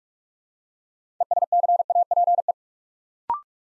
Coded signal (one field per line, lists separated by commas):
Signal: Morse code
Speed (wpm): 44 wpm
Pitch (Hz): 700 Hz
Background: none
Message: ESCAPE